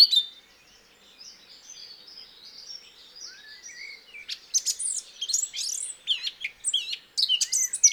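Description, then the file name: Eurasian blackcap song, a quiet subdued twittering at first, then louder bursts of sharp, varied warbling notes in the second half. "Sylvia atricapilla"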